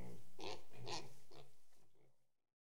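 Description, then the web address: Pig grunts, a few short nasal oinks in quick succession that fade away after about two seconds. Pigs in a shed. "BBC Sound Effects Library. Pigs In Shed"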